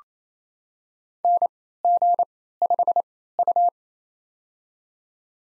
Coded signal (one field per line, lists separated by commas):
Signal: Morse code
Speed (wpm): 27 wpm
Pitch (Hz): 700 Hz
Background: none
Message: NG5U